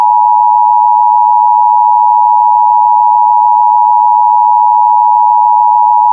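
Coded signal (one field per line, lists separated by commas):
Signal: Emergency Alert System (SAME) tones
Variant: 853 and 960 Hz attention tone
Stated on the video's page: Fictional EAS scenario inspired by a Battlefield 2042 event, not a real alert.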